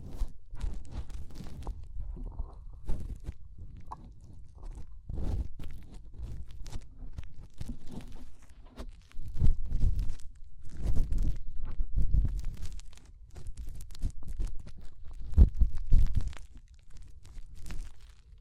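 Fingers rub and scrape inside an ear, making dense, irregular crackling and muffled rumbling thumps, with louder scratchy bursts around the middle and later.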